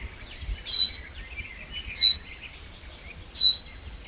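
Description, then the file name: Common chaffinch, three bright high call notes spaced over a second apart, with soft, quiet twittering in between. "Fringilla coelebs"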